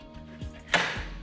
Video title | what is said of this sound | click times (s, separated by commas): How to Install a Minn Kota Instinct QUEST [Overview] | locks into place | 0.7 s